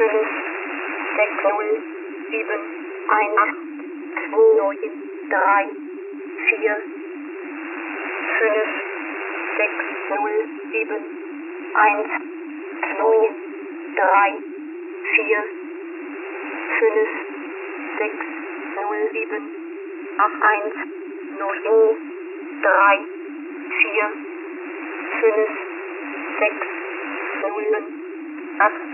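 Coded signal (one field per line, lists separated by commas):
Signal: numbers station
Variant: G06, Russian-language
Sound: voice reading numbers in short, evenly spaced words, rushed and running together, over radio noise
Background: radio noise, low drone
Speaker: It's Got numbers too quickly Next To each other It's Running It's Falling over itself all the time it's a bit of a messed up transmission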